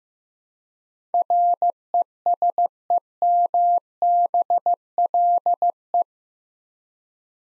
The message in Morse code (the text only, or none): RESEMBLE